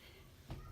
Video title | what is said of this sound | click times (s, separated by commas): Lyn Valve Cleaning And Assembly | And all you have to do is push down until it clicks. Let's see. | 0.5 s